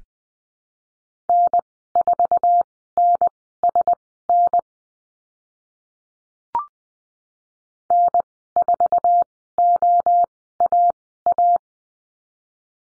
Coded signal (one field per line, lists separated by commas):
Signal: Morse code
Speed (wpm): 20 wpm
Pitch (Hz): 700 Hz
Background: none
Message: N4NSN N4OAA